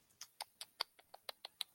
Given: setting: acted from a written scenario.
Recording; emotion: vocal sound without words; disappointment